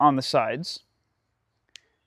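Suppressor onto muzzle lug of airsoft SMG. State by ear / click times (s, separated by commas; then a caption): seated / 1.8 s. A large can suppressor is pushed onto the muzzle lug of a Vorsk VMP-1 airsoft SMG and twisted about 15 degrees until it locks. Someone talks briefly, then after a pause a single sharp click sounds at 1.8 s as the suppressor locks in place snugly.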